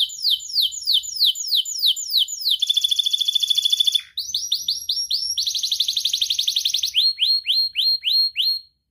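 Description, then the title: Atlantic canary song: alternating phrases of repeated swept notes and dense buzzy trills, each phrase lasting a second or two. Actively singing ('gacor') canary from the Indonesian songbird hobby (kicaumania), with rich 'cengkok' phrasing and 'isian' filler notes. "Kenari Gacor Cengkok Isian Kenarigacor Kicaumania Kenari"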